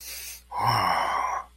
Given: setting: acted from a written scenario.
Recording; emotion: vocal sound without words; romantic love